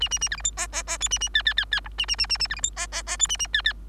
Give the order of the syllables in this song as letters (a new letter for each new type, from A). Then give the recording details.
A A A B C D E E E F A A G G G G H A A A A A B C D E E E F A A G G. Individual Bird3